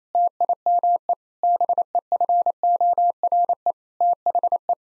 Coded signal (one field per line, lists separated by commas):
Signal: Morse code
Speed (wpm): 27 wpm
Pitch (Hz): 700 Hz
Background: none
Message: TIME BEFORE THE